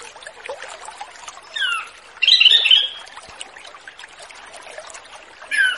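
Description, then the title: Orange-headed thrush song: a slurred whistle, then a brighter warbled burst, a long gap and one last phrase, over constant hissing background noise. Relaxed, open full-voiced song (ngeplong santai), a stimulus recording to prompt young orange-headed thrushes just past the spotted juvenile (trotol) stage to sing. "Anis Kembang Ngeplong Santai , Untuk Pancingan Anis Kembang Lepas Trotol"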